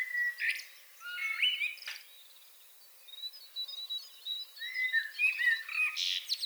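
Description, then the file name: Common blackbird song: rich whistled phrases with squeaky endings at the start and again near the close, other birds chirping softly throughout. "Turdus merula"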